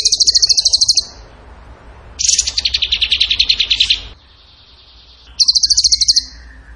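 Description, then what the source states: Bird song: bursts of rapid, high, machine-gun-like trills, one sliding lower, with a thin steady whistle in a gap and a faint lower note near the end. Masteran training recording of a bird singing in the gacor tembakan style.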